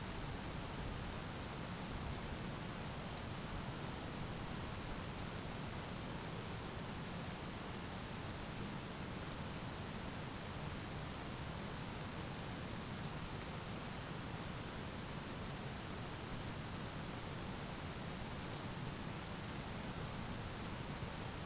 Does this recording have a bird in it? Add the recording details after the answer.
no. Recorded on Arctic tundra, site ZACK-1, on 12 June 2019. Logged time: 05:49